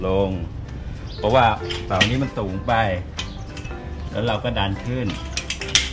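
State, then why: Seated. Someone talks while pushing the metal frame of a folding tent upward so the slider on the leg engages the leg lock. A few small metallic clicks lead up to a loud, sharp click at 5.8 s as the slider snaps into the lock and the frame is locked in place.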